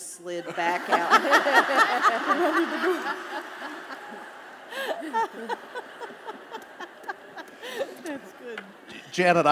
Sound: laughter

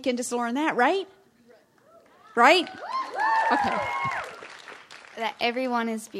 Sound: applause

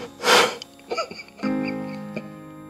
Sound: tears

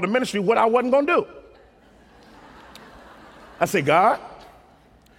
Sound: laughter

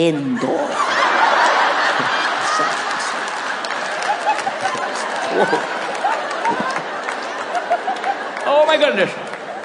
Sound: laughter

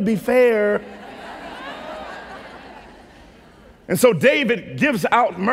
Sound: laughter

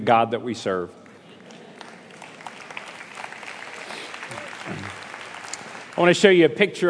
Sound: applause

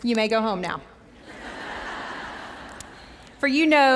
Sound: laughter

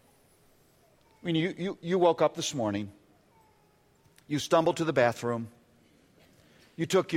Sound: none

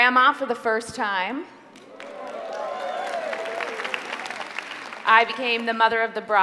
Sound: applause

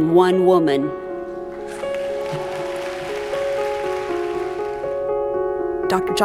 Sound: applause

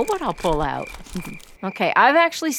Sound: pages rustling

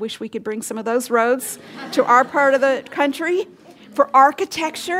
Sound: laughter

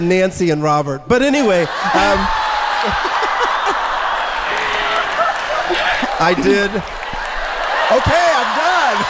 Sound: laughter

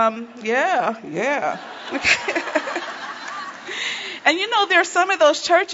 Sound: laughter

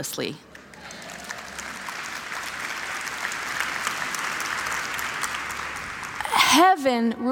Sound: applause

